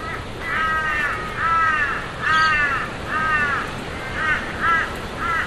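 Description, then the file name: Crow caws: hoarse calls repeated roughly once a second, with a constant windy hiss behind them. Crows heard from inside a tent, with wind blowing against the tent. "zapsplat. tent inside ambience wind blow against birds crows"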